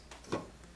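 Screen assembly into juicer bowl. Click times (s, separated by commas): 0.1 s, 0.3 s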